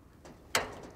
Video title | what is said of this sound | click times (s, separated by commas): Operating a Hi-Lift Jack | as that foot squishes into the soil the top of the bar rolls over against the load click | 0.6 s